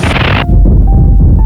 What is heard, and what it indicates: The tinnitus sound. Most often described as a persistent and annoying sound in one or both ears.